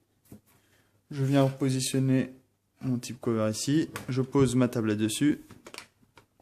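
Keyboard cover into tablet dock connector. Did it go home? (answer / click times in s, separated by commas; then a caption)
no / none. A Microsoft Surface RT tablet's Type Cover keyboard is positioned and the tablet is set down onto it, heading for the dock connector where it latches magnetically, while someone talks throughout. A few faint, short taps of handling are heard near the end, around 5.7 to 6.4 seconds. Nothing has seated or clicked yet.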